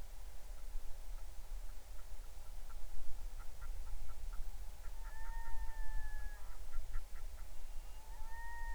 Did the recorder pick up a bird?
yes